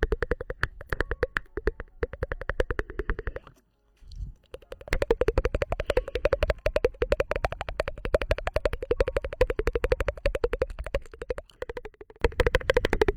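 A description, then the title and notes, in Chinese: Rapid tongue clicks in quick, fairly even bursts, each click with a hollow, mid-pitched ring and a sharp top. The clicking pauses around the fourth second, broken by a short soft thump, then resumes densely through the end with brief dips near twelve seconds. 无人声弹舌音（敲暴力）。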